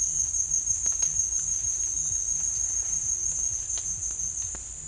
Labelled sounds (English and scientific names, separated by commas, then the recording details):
none
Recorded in dense forest near Puerto Asís, Putumayo, Colombia, on 18 December 2024 at 17:00
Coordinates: 0.484, -76.317
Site G026